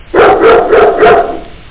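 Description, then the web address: Dog barking, a quick run of harsh, rough barks run together over about a second, then fading. "da capo speech animals dog"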